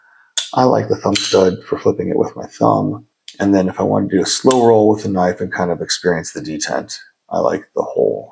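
A folding knife blade is flicked open with its thumb stud and snaps into its locked open position in the handle with a sharp crack at 0.4 seconds. Afterward, someone talks.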